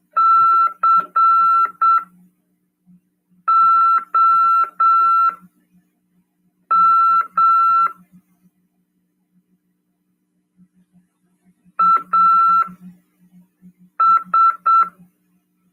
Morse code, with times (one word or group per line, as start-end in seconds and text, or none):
0.2-7.9 COM
11.8-14.8 AS